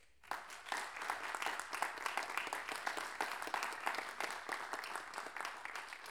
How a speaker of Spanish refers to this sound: los primeros trabajos los hizo Francisco Astorga aquí en Rancagua, en cuya memoria, por favor, pido un aplauso.